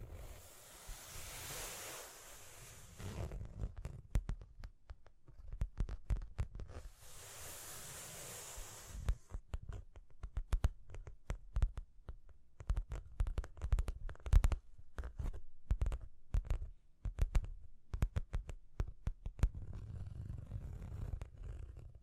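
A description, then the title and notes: Dry tapping and scratching, with sharp irregular clicks scattered through most of the clip and thickest in the middle stretch. Two longer bright scraping passes fill the opening seconds and again around seven seconds, over a low steady rumble underneath. ASMR Triggers SOOO Soothing You’ll Want to Sleep Tapping and Scratching (No Talking).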